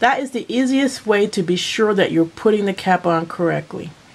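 A plastic cap is being handled with an alcohol marker pen, laid flat beside it with their three dots lined up, while someone talks throughout. Nothing has seated or snapped yet; the cap is not yet home on the pen.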